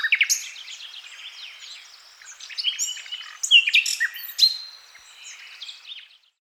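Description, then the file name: Common nightingale song of jumbled, varied chirps and quick notes, with louder bursts in the middle. "Luscinia megarhynchos"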